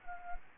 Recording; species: mosquito wingbeat signal from an infrared sensor; Anopheles gambiae